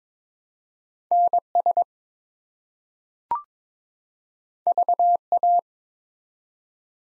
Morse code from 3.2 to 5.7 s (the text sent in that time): VA